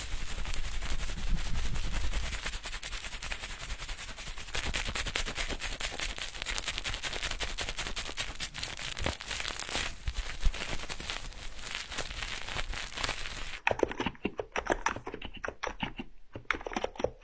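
Dense, rapid tapping and crackling runs throughout, with a heavier low rumble early on and sparser, muffled taps after about fourteen seconds.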